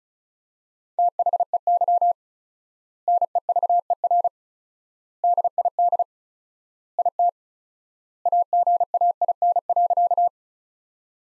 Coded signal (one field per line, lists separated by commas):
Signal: Morse code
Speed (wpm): 34 wpm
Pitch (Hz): 700 Hz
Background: none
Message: THEY NEVER DID IT AGAIN.